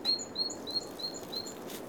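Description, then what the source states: Bird calling in a quick series of thin, high whistled notes, alternating with fainter, even higher notes, over a steady rushing background. Recorded at Oostduinen.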